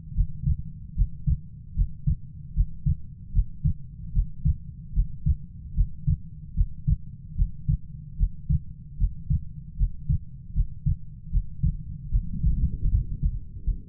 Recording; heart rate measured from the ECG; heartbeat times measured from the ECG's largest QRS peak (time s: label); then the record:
heart sounds by stethoscope; 76 bpm
0.14 s: heartbeat
0.95 s: heartbeat
1.75 s: heartbeat
2.54 s: heartbeat
3.32 s: heartbeat
4.12 s: heartbeat
4.93 s: heartbeat
5.74 s: heartbeat
6.54 s: heartbeat
7.35 s: heartbeat
8.16 s: heartbeat
8.97 s: heartbeat
9.76 s: heartbeat
10.53 s: heartbeat
11.30 s: heartbeat
12.10 s: heartbeat
12.89 s: heartbeat
13.64 s: heartbeat
From the record:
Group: healthy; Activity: Valsalva maneuver 0-5 s, rest 5-14 s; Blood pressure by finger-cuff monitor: 76/66 mmHg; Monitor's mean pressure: 70 mmHg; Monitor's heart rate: 75 bpm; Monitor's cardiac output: 5.1 L/min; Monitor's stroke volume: 68 mL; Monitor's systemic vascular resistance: 970 dyn s/cm5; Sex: female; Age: 19 years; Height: 163 cm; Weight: 48.9 kg